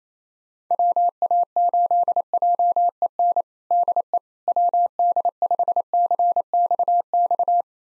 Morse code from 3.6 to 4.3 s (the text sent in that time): DE